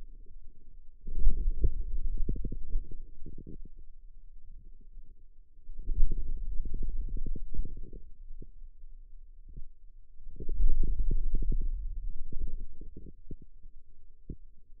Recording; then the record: forearm muscle sounds (acoustic myography)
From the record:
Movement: hand closing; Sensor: system 2, bracelet of six BSWA MPA416 microphones around the upper forearm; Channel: 2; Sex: male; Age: 22 years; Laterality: right